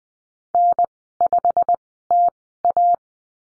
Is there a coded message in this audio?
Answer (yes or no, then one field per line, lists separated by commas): yes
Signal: Morse code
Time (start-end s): 0.5-3.0 s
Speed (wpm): 20 wpm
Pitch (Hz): 700 Hz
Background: none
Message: N5TA